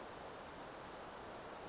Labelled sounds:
Brown Creeper
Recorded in Sonoma County, California

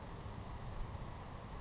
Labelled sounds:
Savannah Sparrow
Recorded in Sonoma County, California

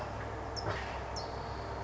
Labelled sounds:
California Towhee
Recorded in Sonoma County, California

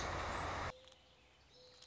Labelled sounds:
Song Sparrow
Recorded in Sonoma County, California

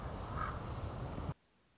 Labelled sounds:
Common Raven
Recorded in Sonoma County, California

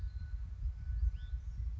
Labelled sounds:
Hutton's Vireo
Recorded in Sonoma County, California

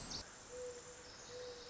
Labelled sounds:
Pacific Wren
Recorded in Sonoma County, California

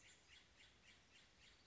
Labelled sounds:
Chestnut-backed Chickadee
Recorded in Sonoma County, California

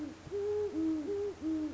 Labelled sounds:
Great Horned Owl
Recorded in Sonoma County, California

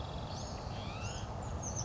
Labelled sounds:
Oak Titmouse
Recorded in Sonoma County, California

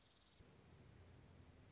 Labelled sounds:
Anna's Hummingbird
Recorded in Sonoma County, California

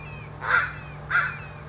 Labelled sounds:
Red-shouldered Hawk
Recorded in Sonoma County, California

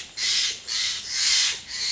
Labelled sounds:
Steller's Jay
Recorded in Sonoma County, California

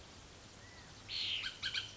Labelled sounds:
Bullock's Oriole
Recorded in Sonoma County, California

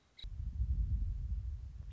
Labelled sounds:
Nuttall's Woodpecker
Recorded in Sonoma County, California

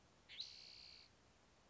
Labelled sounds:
Spotted Towhee
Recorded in Sonoma County, California

